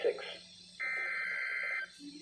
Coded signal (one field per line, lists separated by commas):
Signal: Emergency Alert System (SAME) tones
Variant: header bursts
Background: speech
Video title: NOAA WEATHER RADIO: Required Weekly Test 7/15/2020 (EAS #79)